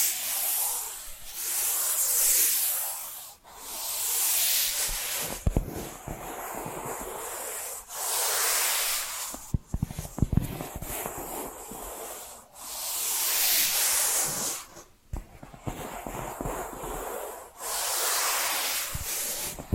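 Tapping and scratching sounds alternate in slow waves, with long hissy, rubbing strokes swelling and fading every few seconds. Between the strokes come clusters of quick, sharp taps, especially around the middle and near the end. The texture stays bright and airy throughout.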